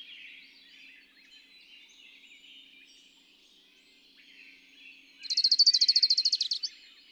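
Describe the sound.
Bird song: one loud, fast trill of repeated high pulses near the end, lasting about a second and a half, after faint background noise.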